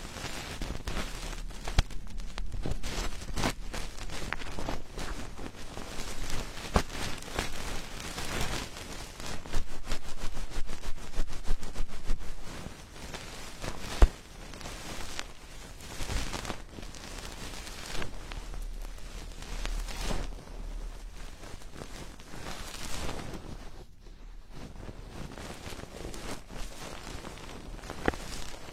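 Ear cleaning: dense, crackly scratching and rustling with bursts of sharp clicks over a constant low rumble throughout.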